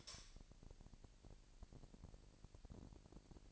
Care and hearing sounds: daily activity, microphone in the room; light on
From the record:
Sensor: 5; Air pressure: 1002.0 hPa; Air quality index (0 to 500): 226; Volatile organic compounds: 30 ppm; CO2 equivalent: 2955 ppm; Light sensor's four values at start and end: 15/35/14/16 and 15/37/15/16

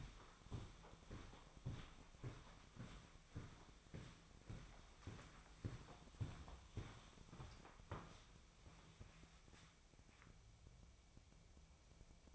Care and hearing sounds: daily activity, microphone in the room; walk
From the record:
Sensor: 1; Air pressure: 1009.3 hPa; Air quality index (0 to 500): 187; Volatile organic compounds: 4 ppm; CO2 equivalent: 1578 ppm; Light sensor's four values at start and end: 54/142/59/72 and 53/143/58/71

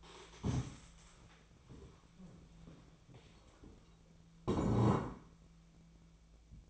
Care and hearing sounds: daily activity, microphone in the room; stand up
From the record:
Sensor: 1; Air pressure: 1000.5 hPa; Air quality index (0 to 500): 176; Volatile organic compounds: 4 ppm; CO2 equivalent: 1631 ppm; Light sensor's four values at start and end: 13/31/13/14 and 13/31/13/15

